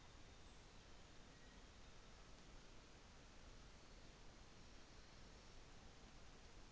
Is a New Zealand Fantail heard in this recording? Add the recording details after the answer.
no. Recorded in New Zealand on 24 December 2018. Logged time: 15:10